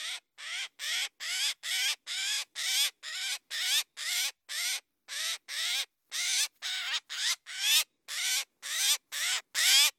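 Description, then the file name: Eurasian jay, coarse grating screeches repeated about twice a second, the later ones growing slightly louder. "Garrulus glandarius"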